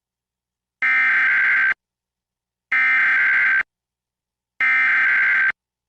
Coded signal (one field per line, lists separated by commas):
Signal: Emergency Alert System (SAME) tones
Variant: header bursts